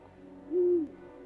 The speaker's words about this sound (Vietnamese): Đêm hôm đó, ở đầu nhà, tiếng cú kêu lên nghe thê lương vô cùng.